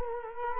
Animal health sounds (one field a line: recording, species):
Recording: mosquito wingbeat signal from an infrared sensor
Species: Culex quinquefasciatus